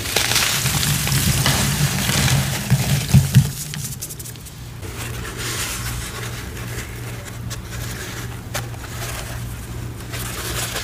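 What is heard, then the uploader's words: Crunchy cornstarch shapes are crushed into water, with a dense, crackling burst of crunching through the first four seconds. After that it settles into quieter, scattered crackles and soft fizzing over a steady low hum that runs throughout. Cornstarch Crunchies Crushed into Water. ASMR crushing crunchy cornstarch shapes into water.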